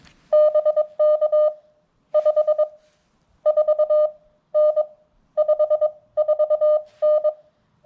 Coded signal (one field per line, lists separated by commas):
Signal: Morse code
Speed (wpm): 23 wpm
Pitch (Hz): 600 Hz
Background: none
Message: BK 54N 54N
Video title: Wait....WHAT key? CW POTA at K-2032